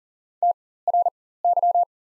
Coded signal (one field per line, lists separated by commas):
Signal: Morse code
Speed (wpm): 40 wpm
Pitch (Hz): 700 Hz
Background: none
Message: TRY